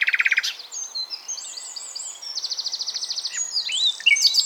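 Common nightingale song: a quick rattling burst, then high thin whistles and a fast series of repeated notes, over a steady hiss.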